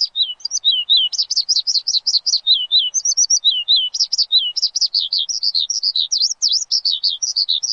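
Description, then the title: Javan bush lark song, a continuous rapid stream of high, sharply slurred chirps repeated without pause. Lure for a Javan bush lark in full, lively song. "PANCINGAN Suara BURUNG Branjangan Gacor"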